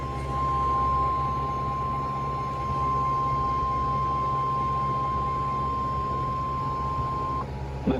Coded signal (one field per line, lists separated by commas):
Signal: Emergency Alert System (SAME) tones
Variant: 1050 Hz attention tone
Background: speech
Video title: (EAS #365) Severe Thunderstorm Warning for Dane, Jefferson, and Dodge, Wisconsin